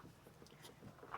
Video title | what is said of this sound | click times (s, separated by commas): Can These 12 Amazon Gadgets Fix Your RV Problems? | when it closes, pops right in there and | 0.5 s, 1.1 s